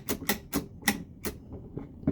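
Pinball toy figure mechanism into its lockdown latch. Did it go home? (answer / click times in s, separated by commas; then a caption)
no / none. A pinball toy figure is pushed down toward its locked-down position several times, giving a rapid series of sharp mechanical clatters. The figure's latch fails to catch and hold it down, so nothing has latched or clicked into place.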